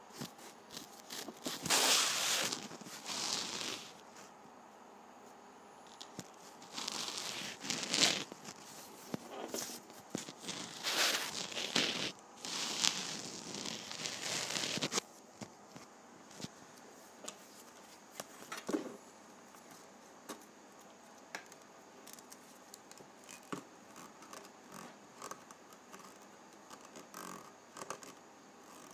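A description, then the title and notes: Penny ridge rubbing: bursts of dry scraping crackle for the first fifteen seconds, then quieter scattered clicks and brief scrapes. ASMR Penny Ridge Rubbing.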